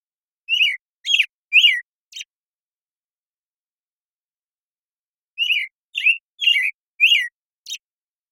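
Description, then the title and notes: American Robin song: four slurred whistled phrases ending on a thin note, silence, then a run of five phrases. Morning song in a very long sequence, from the Pacific Northwest, Washington, United States; parabolic recording processed clean for clarity with natural pacing and rhythm kept. "BIRDSong Thrushes And Allies - American Robin Morning Song. American Robin, Turdus migratorius, morning song. Recorded in the beautiful Pacific Northwest, Washington, United States"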